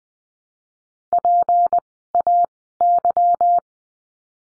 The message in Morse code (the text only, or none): PAY